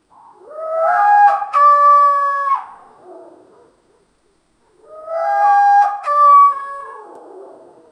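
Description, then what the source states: African elephant trumpeting: two loud, brassy, harmonic blasts of about two seconds each, separated by a short silence, with a rough tail after each. African elephant trumpeting in savannah habitat.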